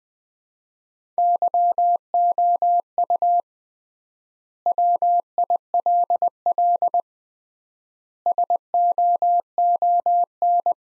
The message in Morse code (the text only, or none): YOU WILL SOON